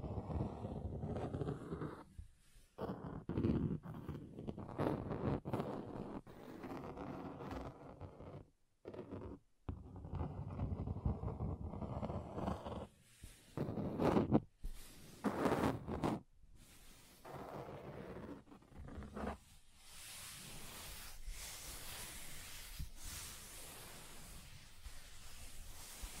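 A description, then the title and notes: Scratching on a table in uneven bursts with short silent gaps, low and rough at first, turning into a thinner, brighter hiss after twenty seconds. ASMR Relaxing Table Scratching Different Surfaces (No Talking).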